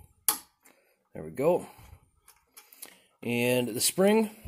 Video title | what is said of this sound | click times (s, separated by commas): how to clean the carburetor on a Brute tiller with a Briggs xr550 engine | push it down in there and you'll see it'll kind of just snap right in and | 0.3 s